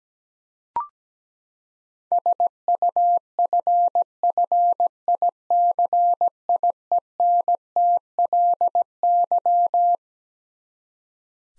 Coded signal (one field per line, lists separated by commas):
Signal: Morse code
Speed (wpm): 17 wpm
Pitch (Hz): 700 Hz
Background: none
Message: SUFFICIENTLY